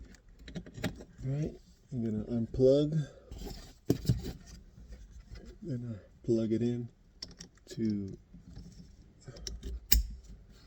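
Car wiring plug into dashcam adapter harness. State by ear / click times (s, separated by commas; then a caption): seated / 9.9 s. A car wiring plug is pushed into the included plastic wiring harness connector of a dashcam adapter on a 2021 C-HR while someone talks. Small rattling handling sounds lead up to a sharp click at 9.9 s, and the connector is seated in the harness.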